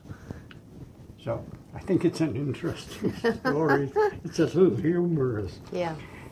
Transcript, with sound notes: So, I think it's an interesting story (both laugh). It's a little humorous.